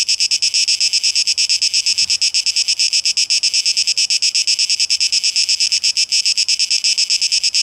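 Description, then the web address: High, pulsing cicada buzz, throbbing rapidly throughout. 12 August 2023, tape echo mix. "rauschpartikel Audio 2023-08-12 Zikaden"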